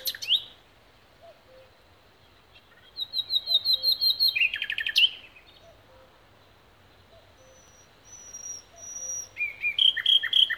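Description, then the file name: Common nightingale song in several phrases: a short opening burst, a series of rapid repeated notes ending in a sweeping phrase, a quiet pause, then another burst. "Luscinia megarhynchos"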